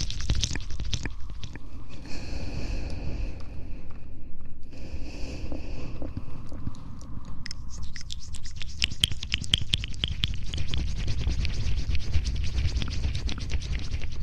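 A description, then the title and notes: Close mouth sounds: a steady stream of wet clicks and smacks over a low, constant rumble. Two brief hissing, breathy stretches come around two and five seconds, and from about eight seconds the clicks grow denser, sharper and brighter until the end. ASMR Close Mouth Sounds.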